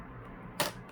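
A plastic screen bezel latch on an HP Chromebook 14 (ca000na) is pressed along the bezel edge into the laptop display lid. A single sharp click is heard at 0.6 s over a quiet background, with no one talking. The latch snaps in and the bezel is seated.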